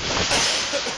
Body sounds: coughing mixed with background sound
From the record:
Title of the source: Dry Afternoon Cough

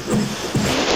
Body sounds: coughing mixed with background sound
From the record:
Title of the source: Mid-morning Winter Coughing Fit

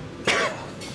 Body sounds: coughing mixed with background sound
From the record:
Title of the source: 31 night wet cough

